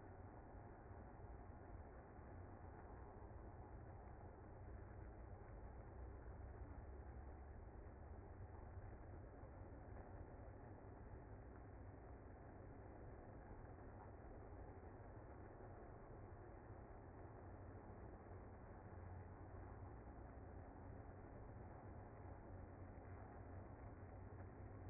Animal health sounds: honeybee colony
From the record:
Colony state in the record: active

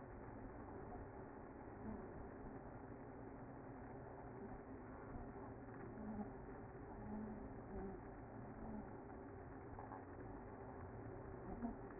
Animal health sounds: honeybee colony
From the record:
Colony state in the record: active

